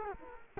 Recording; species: mosquito wingbeat signal from an infrared sensor; Culex quinquefasciatus